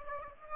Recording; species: mosquito wingbeat signal from an infrared sensor; Aedes aegypti